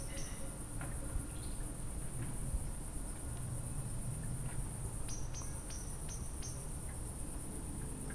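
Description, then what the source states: Cricket trill: a steady high-pitched drone runs throughout, with scattered bird chirps, a short run of quick notes in the second half, and low background rumble. Evening recording, with a bird heard alongside the cricket.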